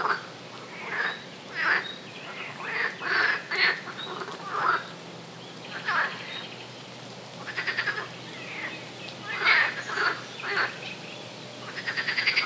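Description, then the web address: Frog chorus with harsh, rattling croaks arriving singly and in small clusters about once a second, some louder pulsed calls near the end. "nature zaby"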